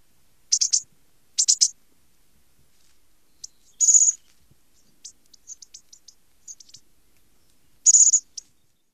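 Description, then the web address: Bushtit calls: very high, thin notes in short bursts, then scattered fainter notes, with silence between. "Songs of Birds of North America Stokes. Bushtit"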